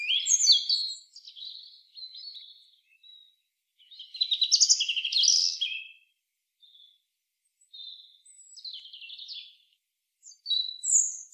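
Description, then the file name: European robin song: wavering high phrases with thin whistles and a loud jangling trill in the middle, then softer notes and silences. "Erithacus rubecula"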